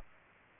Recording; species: mosquito wingbeat signal from an infrared sensor; Culex pipiens